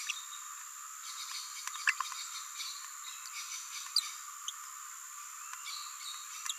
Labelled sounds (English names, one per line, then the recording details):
Green-rumped Parrotlet babbling
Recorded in a nest box in Venezuela
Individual 18B17A4